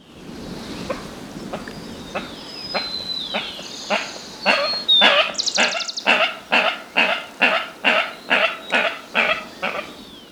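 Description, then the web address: Andean coot giving a series of harsh, clipped calls, about two per second, growing louder and more even partway through, over faint background hiss. Ecuador, South America. "Birds of Ecuador. Andean Coot"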